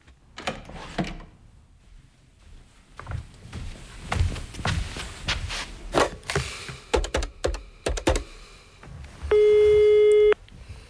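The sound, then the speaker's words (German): A series of sharp mechanical clicks and clatters from dialing a telephone, followed by a steady, buzzing electronic tone on the line that holds for about a second. “Ich muss kurz telefonieren.”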